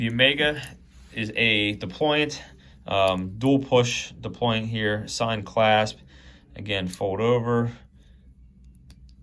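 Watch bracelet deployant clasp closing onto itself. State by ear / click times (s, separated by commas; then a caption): not seated / none. Someone talks while folding over the signed metal dual-push deployant clasp on the bracelet of an Omega Seamaster Ploprof dive watch. Only faint small ticks are heard near the end, from 8.6 to 9.1 s. Nothing has seated or clicked yet.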